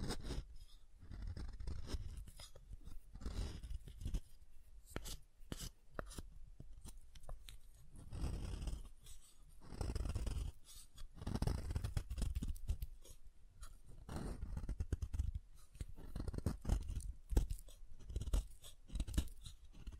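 Soft and hard soap is tapped and carved in quick, uneven bursts of crunchy scraping and dull knocks, with brief pauses throughout.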